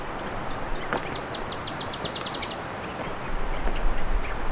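Bird call, a rapid series of many short down-slurred high notes, then a thin rising whistle, over steady hiss and a low rumble at the end.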